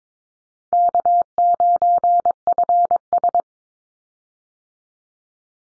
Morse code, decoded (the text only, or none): K9FS